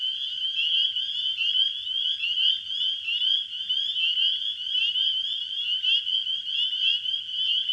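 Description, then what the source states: Massed spring peepers, shrill rising peeps crowding together, the chorus pulsing slightly in loudness. Spring peepers calling in a wetland in spring.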